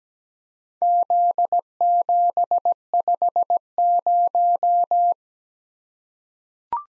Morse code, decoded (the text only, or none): Z750